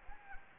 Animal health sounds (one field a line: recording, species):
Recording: mosquito wingbeat signal from an infrared sensor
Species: Anopheles gambiae